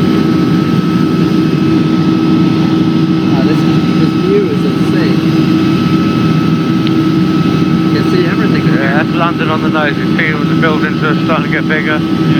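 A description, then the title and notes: A steady, dense engine drone fills the cabin throughout a helicopter ride, heavy in the low and middle range with a constant high whine above it. From about the eighth second, faint voices talk over the noise in short bursts. My first helicopter ride! at The Grove Hotel & Spa.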